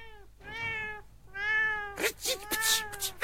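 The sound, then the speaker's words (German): A black cat with two white paws, sitting in a yard in front of a carpenter's workshop, gives three long, wavering meows, fairly loud and tonal, each rising and falling in pitch, followed by a stretch of breathy, noisy bursts that may be a voice. “Eine Katze.”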